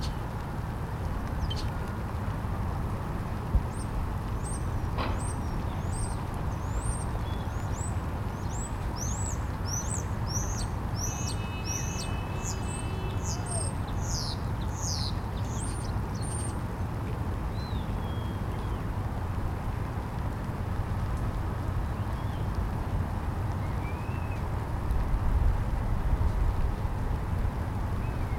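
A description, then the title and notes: Early spring birds sing: a bright, fast trilling song of rapid high notes runs from about two seconds to seventeen, with a few faint calls later. A steady low rumble, like traffic, fills the whole recording, with a sharp click near four seconds. Early spring birds, Neubauten, ЛЭП. ЛЭП После ЖД Моста У Охты.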